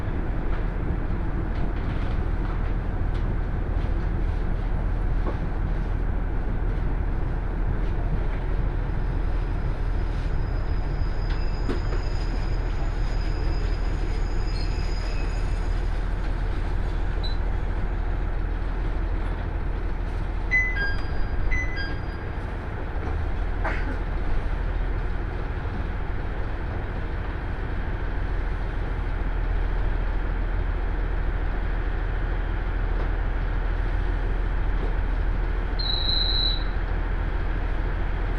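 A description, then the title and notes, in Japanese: A two-car diesel railcar is heard from inside as it runs along the line. A steady low rumble and engine drone fill the whole recording at an even level, with faint high squeals and short clicks around the middle and a brief tone near the end. ＩＧＲいわて銀河鉄道＆ＪＲ花輪線 盛岡→大更。列車はキハ110系の2両編成。景色は再び冬に逆戻りして辺り一面白くなっています。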